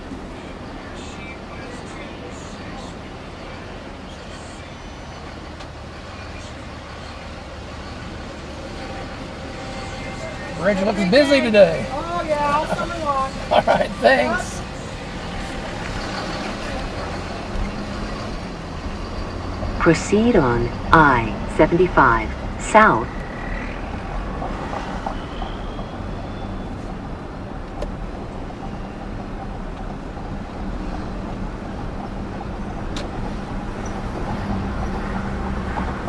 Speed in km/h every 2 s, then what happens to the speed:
0, 0, 0, 0, 0, 0, 0, 5, 13, 19, 27, 31, 31, 34, 35, 39, 44, 48.
0-12 standing. 12-36 pulls away to 48.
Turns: none.